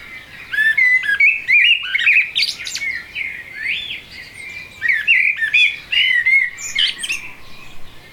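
Blackbird song in several bursts of rapid warbling and sliding whistles, with high crackling notes.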